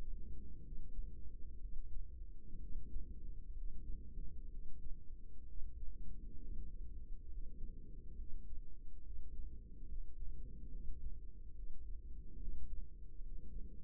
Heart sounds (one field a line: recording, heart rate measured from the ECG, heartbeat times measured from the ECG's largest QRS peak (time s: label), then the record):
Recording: heart sounds by microphone in the right ear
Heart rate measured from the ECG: 67 bpm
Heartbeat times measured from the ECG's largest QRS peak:
0.61 s: heartbeat
1.58 s: heartbeat
2.58 s: heartbeat
3.52 s: heartbeat
4.48 s: heartbeat
5.45 s: heartbeat
6.38 s: heartbeat
7.27 s: heartbeat
8.15 s: heartbeat
9.01 s: heartbeat
9.86 s: heartbeat
10.69 s: heartbeat
11.53 s: heartbeat
12.37 s: heartbeat
13.20 s: heartbeat
From the record:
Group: healthy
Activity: rest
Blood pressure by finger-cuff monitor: 112/79 mmHg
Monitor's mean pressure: 94 mmHg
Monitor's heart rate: 68 bpm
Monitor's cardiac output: 5.3 L/min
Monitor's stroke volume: 80 mL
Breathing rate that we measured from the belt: 19 breaths a minute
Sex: female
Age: 32 years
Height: 172 cm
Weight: 71.7 kg